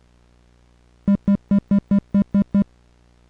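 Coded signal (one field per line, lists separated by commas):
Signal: none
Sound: music synth beeps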